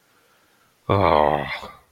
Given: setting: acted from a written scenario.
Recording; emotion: vocal sound without words; disappointment